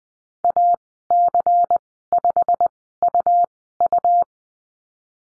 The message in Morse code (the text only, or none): AC5UU